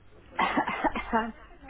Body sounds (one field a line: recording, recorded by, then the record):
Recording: voluntary cough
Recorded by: telephone call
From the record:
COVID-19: negative